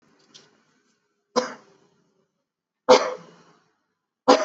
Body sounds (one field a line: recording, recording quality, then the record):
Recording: shallow voluntary cough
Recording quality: excellent, no background noise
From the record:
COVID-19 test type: RT-PCR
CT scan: not taken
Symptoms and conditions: cough, cold, fever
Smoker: yes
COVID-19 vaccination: both doses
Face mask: worn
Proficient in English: yes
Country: India